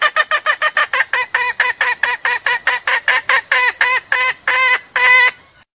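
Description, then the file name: Junglefowl uttering a rapid, rhythmic string of nasal, honking clucks, with the last notes longer and more drawn out. Female junglefowl calling to solicit mating. "suara ayam hutan betina minta kawin"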